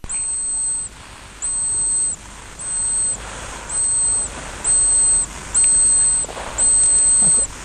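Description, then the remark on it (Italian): Horseshoe bat (Rhinolophus) ultrasonic echolocation calls, sent out through its horseshoe-shaped nose leaf, made audible: seven long, steady, high-pitched whistling tones in an even rhythm, each with a fainter lower tone beneath, loud over a quiet hiss with no talking. “Rhinolopho è ferro di cavallo, perché ha una lamina nasale che sembra un ferro di cavallo, che in fondo è una parabola dalla quale partono gli ultrasuoni più concentrati.”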